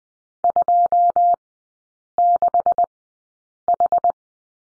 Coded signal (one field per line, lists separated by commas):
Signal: Morse code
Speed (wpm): 20 wpm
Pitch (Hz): 700 Hz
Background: none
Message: 26H